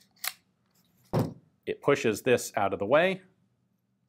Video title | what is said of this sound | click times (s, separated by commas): SITES Spectre: Think of it as an SMG, not a pistol | you can hear it snap right there | 0.3 s